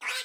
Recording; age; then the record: pig call; piglet (1 to 25 days)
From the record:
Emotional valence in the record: negative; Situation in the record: restrain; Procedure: in the arms of a person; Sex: female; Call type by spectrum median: high-frequency call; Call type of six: low-frequency tonal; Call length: 0.25 s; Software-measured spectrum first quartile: 2017 Hz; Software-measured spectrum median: 2876 Hz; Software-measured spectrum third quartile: 4869 Hz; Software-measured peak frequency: 2264 Hz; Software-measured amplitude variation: 100 dB a second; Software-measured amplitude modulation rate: 10.0 a second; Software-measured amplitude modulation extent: 10.0 dB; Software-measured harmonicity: 0.8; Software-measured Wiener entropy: -1.61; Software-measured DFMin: 870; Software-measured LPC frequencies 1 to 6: 1110, 1581, 2279, 3881, 4749, 6364 Hz